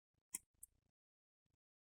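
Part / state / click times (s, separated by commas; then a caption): laptop bottom cover clips on the chassis / released / 0.4 s, 0.6 s. A guitar-pick opening tool is twisted between the plastic bottom cover and the chassis at the side of an Acer Aspire 3 A315-59-314H laptop. Sharp clicks at 0.3 and 0.6 s are followed by fainter ticks, and more faint ticks come near 1.5 s. The plastic bottom cover clips pop loose from the chassis, and these are the click sounds you want to hear.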